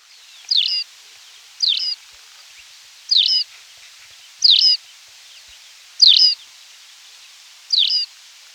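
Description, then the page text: Tawny pipit song: short, sharp chirped phrases around a bright high note, repeated about every one and a half seconds, six in all, over a faint steady background hiss. "Tawny Pipit Song. Quick Sounds"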